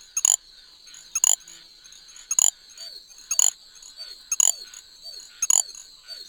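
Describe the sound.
Little grass frog calling: very high, thin chirps repeated roughly once a second over a steady high hum.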